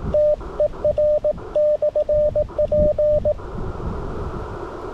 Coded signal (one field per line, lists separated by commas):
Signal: Morse code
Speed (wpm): 24 wpm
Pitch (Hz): 590 Hz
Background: radio noise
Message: TER/P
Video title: Remembrance Day Contest 2022 - CW Single-operator (not QRP)